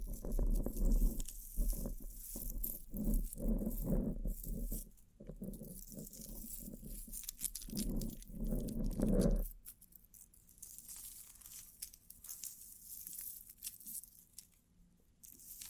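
Bling-bling triggers: dense crinkling, tapping and rustling for about nine seconds, then quieter scattered soft patters and faint hiss until the end.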